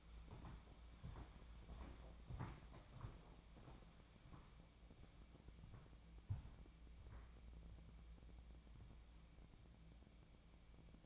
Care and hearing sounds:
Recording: daily activity, microphone in the room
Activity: walk to room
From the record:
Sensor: 1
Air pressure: 1000.0 hPa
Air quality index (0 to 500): 132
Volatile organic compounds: 2 ppm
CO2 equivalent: 1256 ppm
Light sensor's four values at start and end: 40/101/42/52 and 37/93/39/49

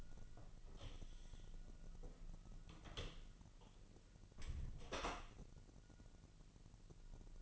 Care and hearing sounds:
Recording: daily activity, microphone in the room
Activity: close door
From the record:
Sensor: 4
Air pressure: 1002.0 hPa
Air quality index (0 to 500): 248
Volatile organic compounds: 41 ppm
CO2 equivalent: 3162 ppm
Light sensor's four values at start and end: 9/20/8/7 and 10/21/8/8

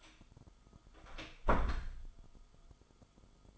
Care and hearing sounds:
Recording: daily activity, microphone in the room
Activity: close door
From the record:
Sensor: 5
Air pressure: 1005.0 hPa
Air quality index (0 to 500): 103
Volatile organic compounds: 2 ppm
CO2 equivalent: 1251 ppm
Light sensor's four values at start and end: 34/78/31/30 and 34/79/31/30

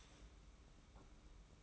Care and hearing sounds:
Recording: daily activity, microphone in the room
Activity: start toaster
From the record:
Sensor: 1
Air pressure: 991.6 hPa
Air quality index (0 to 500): 171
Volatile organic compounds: 1000 ppm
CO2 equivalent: 6461 ppm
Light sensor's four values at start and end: 33/109/42/43 and 33/109/42/43

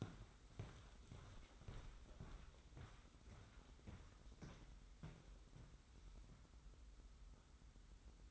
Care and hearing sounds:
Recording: daily activity, microphone in the room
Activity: walk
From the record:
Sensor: 3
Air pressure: 990.6 hPa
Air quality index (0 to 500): 167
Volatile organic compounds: 1000 ppm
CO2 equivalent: 5408 ppm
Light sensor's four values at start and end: 37/89/36/34 and 42/99/40/38

